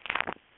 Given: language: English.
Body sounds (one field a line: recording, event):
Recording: throat vibration sensor signal played as sound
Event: swallow